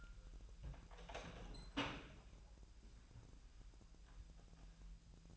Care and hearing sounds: daily activity, microphone in the room; open door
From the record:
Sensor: 2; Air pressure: 1001.0 hPa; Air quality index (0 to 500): 250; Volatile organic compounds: 98 ppm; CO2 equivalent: 3744 ppm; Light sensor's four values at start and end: 6/14/5/5 and 5/13/5/5

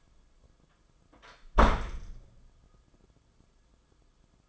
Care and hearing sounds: daily activity, microphone in the room; close door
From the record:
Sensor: 5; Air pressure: 994.5 hPa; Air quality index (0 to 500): 186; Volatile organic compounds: 1000 ppm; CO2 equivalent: 5493 ppm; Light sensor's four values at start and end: 26/66/27/32 and 24/60/25/29

